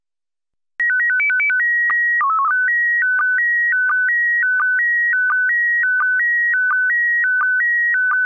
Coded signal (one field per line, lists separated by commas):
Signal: SSTV (slow-scan television)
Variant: PD 90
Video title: Daily Minutes, March 30, 2019. (including Slow Scan Radio of the same date)